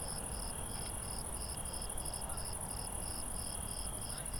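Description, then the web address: Cricket chirping in a steady, evenly spaced pulsed trill, with a continuous high whine above and a low background rumble throughout. At night. "Recorded Night Crickets"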